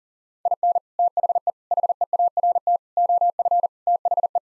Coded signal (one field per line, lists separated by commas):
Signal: Morse code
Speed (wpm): 40 wpm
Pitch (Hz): 700 Hz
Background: none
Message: IN THE HEART OF THE